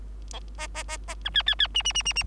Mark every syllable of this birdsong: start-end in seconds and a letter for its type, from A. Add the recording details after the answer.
0.58-0.67 A, 0.74-0.83 A, 0.88-0.97 A, 1.07-1.15 A, 1.25-1.30 B, 1.34-1.43 C, 1.46-1.55 C, 1.59-1.67 C, 1.74-1.83 D, 1.84-1.92 D, 1.94-2.03 D, 2.05-2.13 D, 2.15-2.23 D. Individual Bird3